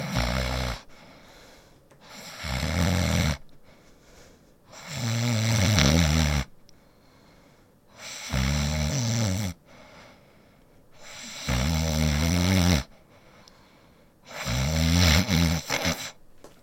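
Loud, rattling snores from a sleeping adult woman recur about every three seconds, roughly 20 a minute.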